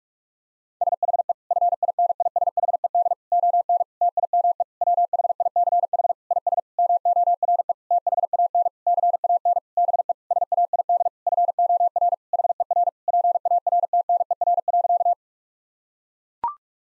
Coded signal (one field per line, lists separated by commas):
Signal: Morse code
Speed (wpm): 41 wpm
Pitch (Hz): 700 Hz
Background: none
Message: SHE FINISHED ON TIME WHICH IS MORE THAN CAN BE SAID FOR HER PARTNER.